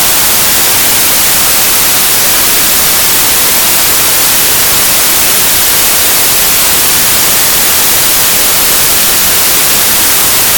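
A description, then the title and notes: Steady white noise hisses without change for the whole clip, dense and bright, strongest in the highs with thinner low end. White Noise Sound for soothe a Baby to Sleep.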